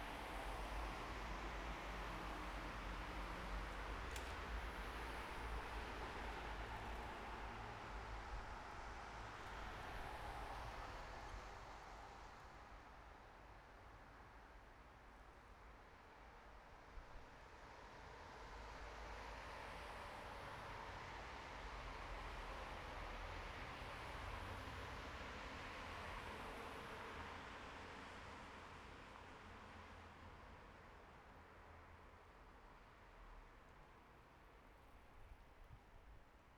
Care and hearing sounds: everyday scene through a hearing-aid microphone; in traffic; traffic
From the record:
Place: bus stop on a city main road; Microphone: behind the ear, right, front

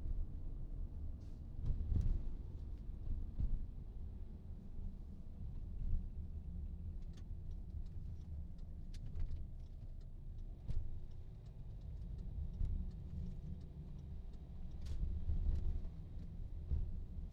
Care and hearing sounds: everyday scene through a hearing-aid microphone; in a vehicle; engine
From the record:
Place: VW T5 Caravelle, diesel engine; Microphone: in the ear canal, right

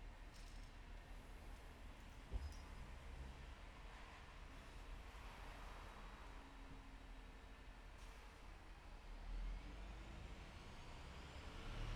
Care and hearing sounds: everyday scene through a hearing-aid microphone; in traffic; traffic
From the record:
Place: bus stop on a city main road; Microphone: behind the ear, left, front

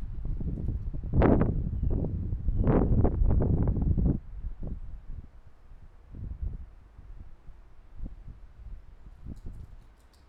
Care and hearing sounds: everyday scene through a hearing-aid microphone; wind on the microphone; squally wind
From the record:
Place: parking lot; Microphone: behind the ear, left, front

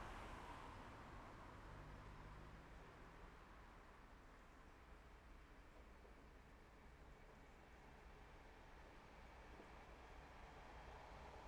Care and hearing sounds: everyday scene through a hearing-aid microphone; in traffic; traffic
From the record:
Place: main road on the outskirts, rush hour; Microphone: behind the ear, left, rear

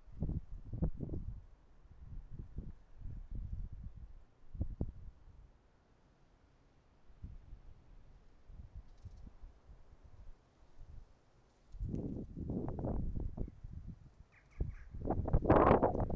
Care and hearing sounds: everyday scene through a hearing-aid microphone; wind on the microphone; wind, traffic, birds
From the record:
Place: suburban garden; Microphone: behind the ear, right, rear

